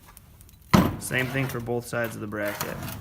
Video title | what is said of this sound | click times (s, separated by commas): Dodge Nitro Front & Rear Brake Pads and Front & Rear Rotor Removal & Replacement 2007-2012: How-To | outwards as well and these just snap into place same | 0.7 s